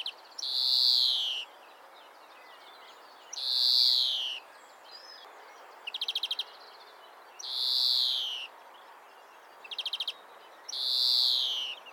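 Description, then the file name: European greenfinch giving long, nasal wheezing notes, each about a second, repeated roughly every three seconds, with a short dry rattling trill between some of them. "Chloris chloris"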